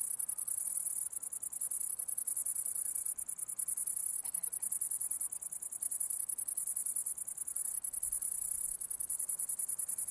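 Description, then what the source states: Cricket chirping in fast high pulses, a steady trill with short rhythmic dips throughout. Recorded 11 August 2009; several crickets.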